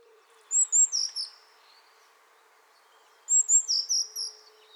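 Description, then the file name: Eurasian blue tit calling twice, each a quick string of four or five high, thin, descending notes. "Cyanistes caeruleus"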